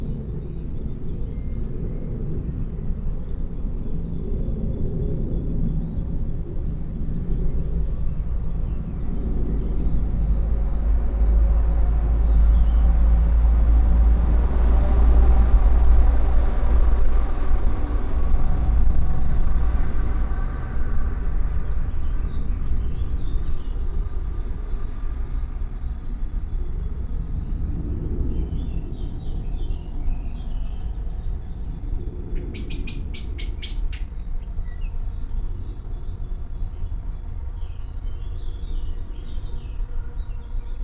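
Birds call back and forth in a garden in the early morning, their chirps and short phrases scattered through the upper range, busiest in the second half. A steady low rumble like passing traffic runs underneath, swelling between about 10 and 20 seconds.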